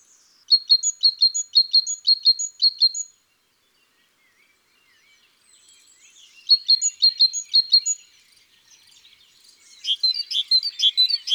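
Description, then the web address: Great tit: quick paired high notes repeated in two separate bursts with a pause between, ending in a busier chatter of mixed chirps. Garden bird. "Mesange charboniere. album oiseaux-des-jardins"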